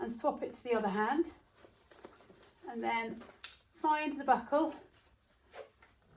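Someone talks while wearing a Kahubaby baby carrier in a hip/side carry, reaching around to find the plastic buckle of the carrier strap with the front hand so it can be clipped into its mating buckle half. Only faint, brief handling sounds come between the words. Nothing has seated or clicked yet.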